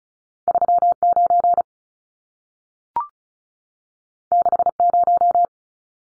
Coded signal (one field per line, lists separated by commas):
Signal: Morse code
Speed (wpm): 36 wpm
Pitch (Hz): 700 Hz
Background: none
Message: 39 60